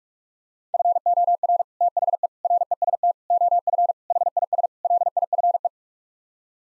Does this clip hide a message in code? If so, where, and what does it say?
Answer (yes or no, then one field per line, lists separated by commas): yes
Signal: Morse code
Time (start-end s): 0.7-5.7 s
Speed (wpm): 43 wpm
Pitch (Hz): 700 Hz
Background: none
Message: FOR THE REST OF HIS LIFE